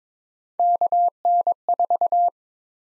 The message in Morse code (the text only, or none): KN4